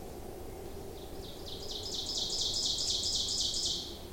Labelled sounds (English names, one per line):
Ovenbird song